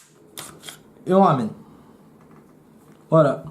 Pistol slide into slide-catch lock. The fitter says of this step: la culasse en arrière, on entend le petit clac,